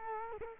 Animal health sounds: mosquito wingbeat signal from an infrared sensor; Culex quinquefasciatus

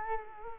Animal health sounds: mosquito wingbeat signal from an infrared sensor; Culex quinquefasciatus

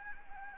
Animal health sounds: mosquito wingbeat signal from an infrared sensor; Anopheles gambiae

